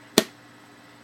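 Two plastic halves of a Freemies hands-free breast pump collection cup are lined up and pressed together, giving one sharp, short click at 0.2 s that quickly fades back to a quiet background. The parts seat firmly; hearing this click means the cup is tight and will not leak.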